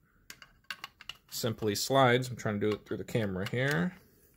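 An Olight Odin Mini flashlight body is handled at the slot of its M-lock rail mount as it is slid in, making several short, sharp handling taps in the first second before someone talks over the rest. The clip ends before the light is pushed back to lock, so nothing has seated or clicked into place yet.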